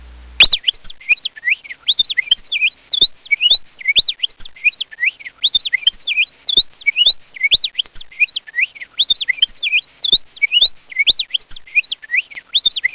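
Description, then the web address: Bird calls, rapid warbling twitters sweeping up and down in steady chattering phrases throughout, with faint clicks between notes. "Soundsation. Animals Birds"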